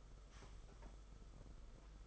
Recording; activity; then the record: daily activity, microphone in the room; sweep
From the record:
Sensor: 5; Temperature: 22.1 degrees Celsius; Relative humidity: 50.0%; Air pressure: 991.5 hPa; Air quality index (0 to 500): 120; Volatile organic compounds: 44 ppm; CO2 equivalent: 3207 ppm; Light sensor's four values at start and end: 42/133/50/54 and 42/132/50/54